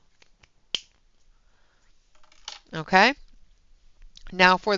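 A plastic cap is snapped onto an alcohol marker barrel a second time to demonstrate the click sound again, with a sharp click at 0.8 s as the cap seats. Someone then talks.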